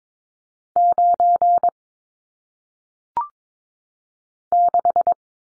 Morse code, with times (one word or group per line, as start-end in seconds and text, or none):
0.8-1.7 9
4.5-5.1 6